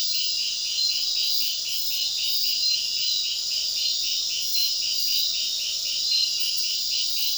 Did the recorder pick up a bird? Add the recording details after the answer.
no. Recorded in dense forest near Puerto Asís, Putumayo, Colombia, on 18 February 2024 at 01:00. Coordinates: 0.499, -76.324. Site G6469